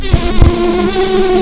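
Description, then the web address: Red-tailed bumblebee giving a loud, steady, low droning buzz with a constant pitch throughout, and two brief soft thumps near the start. Queens. "Lapidarius queens"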